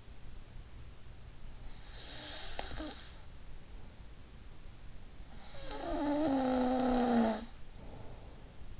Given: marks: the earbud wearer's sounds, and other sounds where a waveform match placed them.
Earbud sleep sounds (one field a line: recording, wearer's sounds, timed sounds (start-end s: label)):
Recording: sounds in sleep by an in-ear microphone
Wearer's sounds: snoring breath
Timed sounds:
1.55-3.64 s: snoring breath
5.21-8.80 s: snoring breath